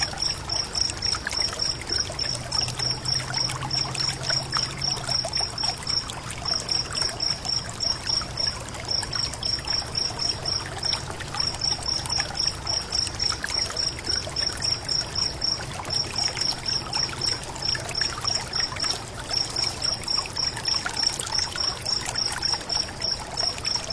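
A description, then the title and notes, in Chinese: A slow stream runs steadily, its dense babble and trickle holding an even level throughout. A rapid, high-pitched insect trill pulses continuously over the water, and a faint low rumble sits underneath during the first several seconds. 溪流缓缓。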